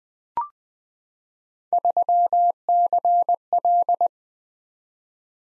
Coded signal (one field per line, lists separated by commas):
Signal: Morse code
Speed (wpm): 20 wpm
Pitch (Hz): 700 Hz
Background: none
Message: 3CL